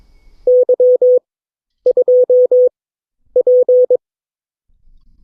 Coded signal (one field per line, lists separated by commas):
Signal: Morse code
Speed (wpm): 22 wpm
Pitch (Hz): 500 Hz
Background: none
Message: Y2P